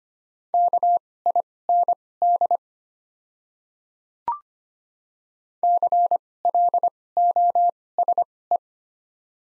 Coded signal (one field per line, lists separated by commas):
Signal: Morse code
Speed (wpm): 25 wpm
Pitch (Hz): 700 Hz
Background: none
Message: KIND CLOSE